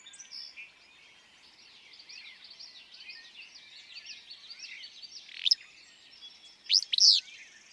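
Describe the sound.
Willow flycatcher giving a sharp note and then an emphatic, buzzy two-part phrase toward the end, over a steady background of varied chirps from other birds.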